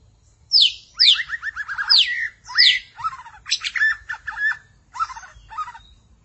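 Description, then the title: Magpie-robins and shamas song of sharp descending notes that run into rapid chattering trills, phrase after phrase with brief pauses. "Suara Burung Murai"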